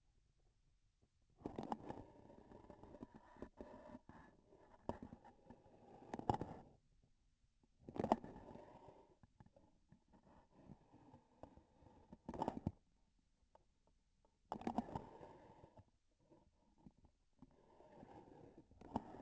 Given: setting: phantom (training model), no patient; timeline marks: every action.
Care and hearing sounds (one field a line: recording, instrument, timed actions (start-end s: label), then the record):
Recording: laparoscopic instrument, vibration sensor on the handle end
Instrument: grasping forceps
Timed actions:
1.31-2.15 s: releasing tissue
5.98-6.81 s: grasping tissue
7.74-8.43 s: releasing tissue
12.16-12.88 s: grasping tissue
14.41-15.13 s: releasing tissue
18.68-19.22 s: grasping tissue
From the record:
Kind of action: gesture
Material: synthetic tissue